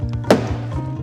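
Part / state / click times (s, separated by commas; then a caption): plastic cover into its housing in the engine bay / seated / 0.3 s. A plastic cover with three hooks set into holes in its housing in the engine bay of a Jeep Grand Cherokee SRT is pushed up, giving a sharp click at 0.3 s over steady background music. The cover is seated and goes no further.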